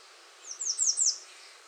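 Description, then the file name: American redstart song made of four high, thin notes, each dropping in pitch, delivered rapidly and building in volume. Recorded 21 June 2019. "2019-06-21 American Redstart"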